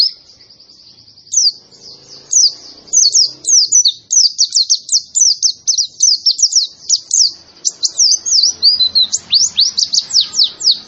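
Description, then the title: White-eye beginning after a faint opening, then a long, rapid flow of high, sharp chirps and twitters building in density. Young bird, described as in full, vigorous song. "Pleci Gacor. Anakan Pleci Iblis"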